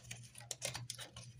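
A plastic click-seal coupling nut on a toilet water supply line is hand-tightened onto the fill valve shank. Short plastic ticks and rubbing handling sounds run over a steady low hum, with the sharpest tick near 0.5 s. The nut has not clicked tight yet, and nothing has seated.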